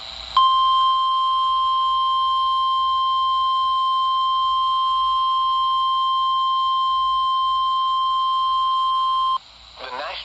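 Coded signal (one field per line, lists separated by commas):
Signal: Emergency Alert System (SAME) tones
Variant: 1050 Hz attention tone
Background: speech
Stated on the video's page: NOAA Weather Radio severe thunderstorm warning from transmitter WWF60 on 162.500 MHz, received about 42 miles away on a RadioShack 12-254.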